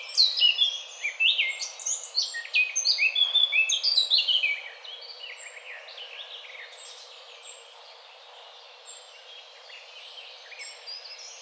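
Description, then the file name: Eurasian blackcap song: an energetic, jumbled warble of high chirps and whistles lasting about four seconds, fading into quiet faint notes afterward. "Sylvia atricapilla"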